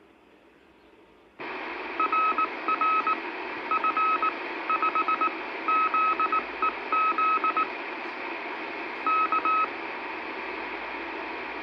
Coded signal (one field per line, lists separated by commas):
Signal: Morse code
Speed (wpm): 19 wpm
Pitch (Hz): 1280 Hz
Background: none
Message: RR F5ZEZ K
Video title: Bulletin & QSO Dominical 66 de F8BSY VHF Relais R2x -RX Lionel SWL 🎧F-80737🇫🇷 7️⃣3️⃣🤝 2-06-2024